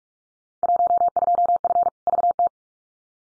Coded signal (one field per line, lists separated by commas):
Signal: Morse code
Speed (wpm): 44 wpm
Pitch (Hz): 700 Hz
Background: none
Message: 12F VT